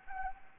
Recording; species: mosquito wingbeat signal from an infrared sensor; Anopheles gambiae